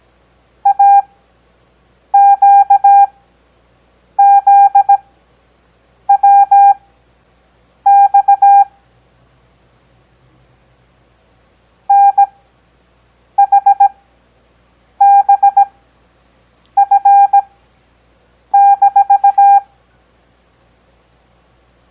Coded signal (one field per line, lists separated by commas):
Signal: Morse code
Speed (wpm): 17 wpm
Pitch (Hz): 800 Hz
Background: none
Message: AQZWX NHBF-